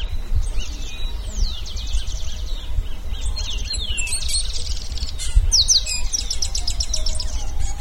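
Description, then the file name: Bird calling with many quick whistled chirps and descending slurred notes, nearly constant, over a steady low rumble. "SABIOD 50 bird 2015"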